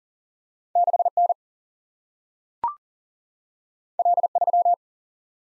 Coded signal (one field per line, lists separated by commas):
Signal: Morse code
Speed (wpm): 42 wpm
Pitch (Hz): 700 Hz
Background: none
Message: 6N L3